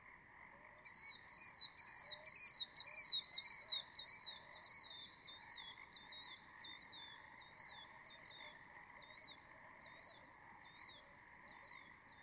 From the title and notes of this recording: Dusk falls on my second night at Conboy Lake National Wildlife Refuge in Glenwood, WA. They also make the constant "peep-peep-peep-peep" call you hear throughout. Many different kinds of waterfowl, songbirds, and cranes.